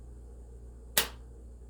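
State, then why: Seated. A sharp click at 1.0 s is the plunger of an Emgality autoinjector pen reaching the end of its dose while pressed against an arm. The click signals that the injection is done. A low steady hum runs underneath.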